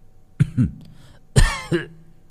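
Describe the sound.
An elderly man sitting under a tree coughs in two rough, husky bursts, each a pair of hacking coughs with a low, throaty rasp, separated by a short pause.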